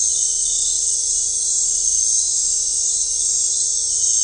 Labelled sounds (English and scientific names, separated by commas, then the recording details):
none
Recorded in dense forest near Puerto Asís, Putumayo, Colombia, on 15 December 2024 at 21:00
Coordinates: 0.499, -76.324
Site G045